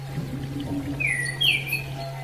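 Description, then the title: Bird singing one brief whistled phrase, a downslurred note followed by a brighter sweeping note, over a constant low hum and faint background chirping. "SuaraBurung Kicau"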